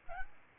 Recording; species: mosquito wingbeat signal from an infrared sensor; Aedes albopictus